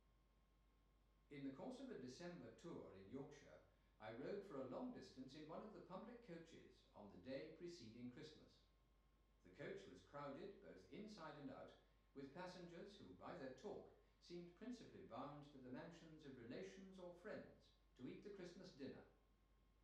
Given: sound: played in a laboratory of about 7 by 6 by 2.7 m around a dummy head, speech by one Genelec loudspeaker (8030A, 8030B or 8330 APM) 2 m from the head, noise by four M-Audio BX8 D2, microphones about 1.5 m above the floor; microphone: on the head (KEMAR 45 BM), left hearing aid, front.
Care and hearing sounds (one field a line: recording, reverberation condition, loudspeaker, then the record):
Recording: male speech in English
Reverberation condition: medium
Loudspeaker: 150 degrees to the right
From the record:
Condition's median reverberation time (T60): about 510 ms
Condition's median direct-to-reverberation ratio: about -0.5 dB